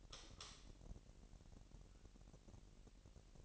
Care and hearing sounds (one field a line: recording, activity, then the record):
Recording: daily activity, microphone in the room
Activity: light off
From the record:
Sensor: 4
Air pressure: 1002.7 hPa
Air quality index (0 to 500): 247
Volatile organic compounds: 12 ppm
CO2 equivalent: 2357 ppm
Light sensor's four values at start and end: 7/16/6/7 and 6/14/6/6